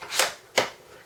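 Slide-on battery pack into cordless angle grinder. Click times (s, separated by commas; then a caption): 0.6 s. A slide-on battery pack is taken off a Festool AGC 18 cordless angle grinder and pushed back on. A first broadband scrape-like burst comes at 0.2 s, then a sharp, louder latch click at 0.6 s as the pack seats into place.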